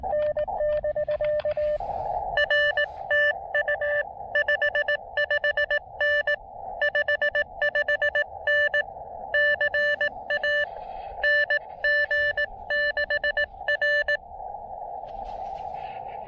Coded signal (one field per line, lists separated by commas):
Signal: Morse code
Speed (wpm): 18 wpm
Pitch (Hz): 1750 Hz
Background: radio noise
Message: R TU 55N 55N CA NG6R